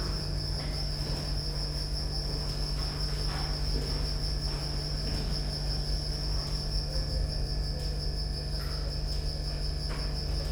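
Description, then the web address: Cricket trill, a continuous high steady buzz running throughout over a constant low electrical hum, with a few faint knocks. Recorded at Győr zoo in 2014 with professional equipment; an insect near the left microphone, electrical equipment; still-life scene. "allathangok gyorizoo 2014 professzionalis gallerospavian balmikrofonnalegyrovar elektromosberendezes tucsok csendelet"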